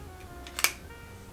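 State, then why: Seated. Clip-on sunglass lenses are placed on top of an eyeglass frame and snap into position. A faint touch near 0.5 s leads into two quick sharp clicks at 0.6 and 0.6 seconds, the second one the loudest, and the shades are seated on the frame.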